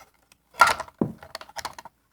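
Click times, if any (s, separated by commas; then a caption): none. A small cage part is handled against the housing of a 1938 General Electric vacuum cleaner while being refitted. A bright clattering burst comes at 0.6 s, a dull thump near 1.0 s, then a run of light taps and rattles until about 1.9 s. Nothing has seated or clicked into place yet.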